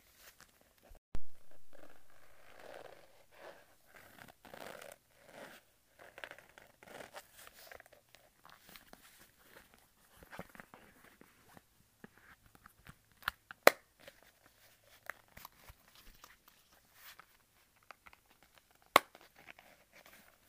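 Leather wallet sounds: soft creaks, rubs and rustles come in short, irregular bursts throughout. A sharp snap lands near one second, followed by a brief swell of rubbing, and two more crisp clicks stand out around thirteen and nineteen seconds. Quiet gaps separate the handling.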